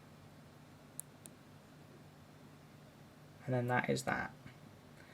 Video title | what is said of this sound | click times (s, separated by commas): EE 4GEE WiFi Mini Portable WiFi Hotspot: Unboxing, review + setup guide | and it goes in with a nice little click, | 1.0 s